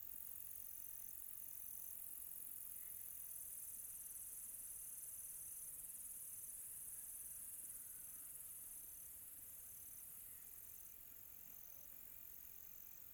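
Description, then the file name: Cricket chirping, a thin high note repeated in steady pulses over a soft hiss of night background. Quiet tropical night. "quiet tropical night with cricket"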